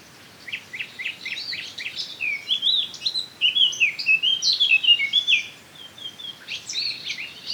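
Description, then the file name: Eurasian blackcap song: a run of quick scratchy repeated notes opening into a rich, varied warble of fluty whistled phrases, with a second burst near the end. "Sylvia atricapilla"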